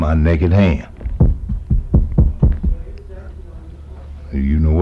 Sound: makes knocking sound